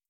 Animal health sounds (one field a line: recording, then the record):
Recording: hydrophone in a shrimp aquaculture tank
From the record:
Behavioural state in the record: starved